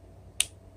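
A plastic piece of a transforming-robot action figure is pushed back into the figure's body during its transformation. One sharp, loud click sounds at 0.4 s, and the piece seats in place.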